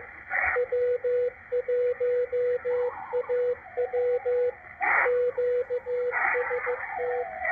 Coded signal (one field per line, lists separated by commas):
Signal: Morse code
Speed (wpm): 15 wpm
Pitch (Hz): 490 Hz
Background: radio noise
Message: W1AW QST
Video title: W1AW CW DECODE - MACHILITE DSP SDR RECEIVER 12-8-2021